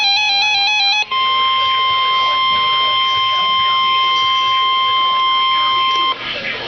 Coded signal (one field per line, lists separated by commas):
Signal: Emergency Alert System (SAME) tones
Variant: 1050 Hz attention tone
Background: speech, music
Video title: EAS Alert #42 - Severe Thunderstorm Warning #9 5/22/11